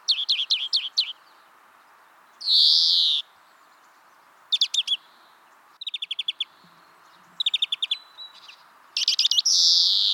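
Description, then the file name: European greenfinch calling, bursts of rapid twittering notes alternating with a long, harsh, nasal wheeze, then more twitter series and a final buzzy wheeze. "Chloris chloris"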